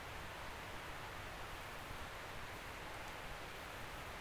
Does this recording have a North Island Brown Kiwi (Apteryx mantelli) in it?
no